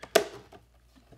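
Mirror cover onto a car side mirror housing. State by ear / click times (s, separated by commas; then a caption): seated / 0.2 s. The back half of a mirror cover is lined up on a Tesla Model S side mirror housing and the cover is pushed down, giving a faint tap at 0.0 s and then a sharp, bright snap at 0.2 s as its plastic clips go home. A few soft knocks follow, and the cover is seated in place.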